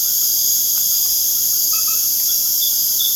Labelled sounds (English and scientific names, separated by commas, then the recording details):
none
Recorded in pastures near Puerto Asís, Putumayo, Colombia, on 30 June 2025 at 19:00
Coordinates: 0.496, -76.326
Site GP01